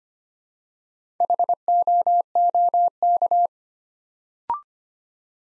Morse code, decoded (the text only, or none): HOOK